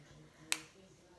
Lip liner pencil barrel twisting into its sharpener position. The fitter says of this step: you hear it click that's